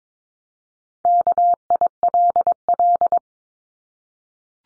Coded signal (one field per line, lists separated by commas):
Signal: Morse code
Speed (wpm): 22 wpm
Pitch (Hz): 700 Hz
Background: none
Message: KILL